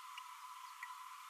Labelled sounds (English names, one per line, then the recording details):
Green-rumped Parrotlet babbling
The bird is a female
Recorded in a nest box in Venezuela
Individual 17B32A7